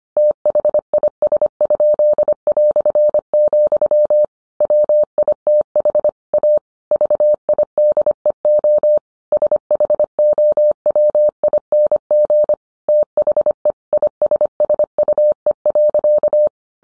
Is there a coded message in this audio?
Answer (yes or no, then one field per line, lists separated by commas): yes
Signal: Morse code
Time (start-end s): 0.2-16.5 s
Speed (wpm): 25 wpm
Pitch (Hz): 600 Hz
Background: none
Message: THIS?", WITH A VIDEO SHOWING THE ISSUE.